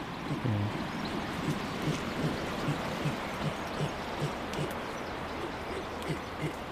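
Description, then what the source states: Weka giving a low pulsed call, many soft low notes in a steady series against a steady hiss of background noise. Call meaning it has food to pass to its mate, who must come and get it; regenerating farm in the Marlborough Sounds, New Zealand.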